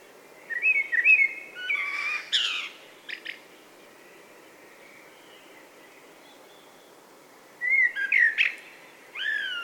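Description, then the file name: Common blackbird song: rich fluty warbled phrases ending in high squeaky flourishes, a pause of several seconds, then another fluted phrase ending in a high squeak. "Turdus merula"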